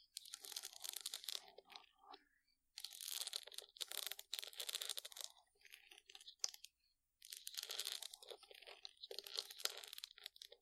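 Scratching sounds in dense, crackly bursts, bright and hissy with little low end. Bouts of rough scraping last one to two seconds, separated by short near-silent pauses around 2.5, 6.5 and 7 seconds, with a crunching, crinkling texture throughout.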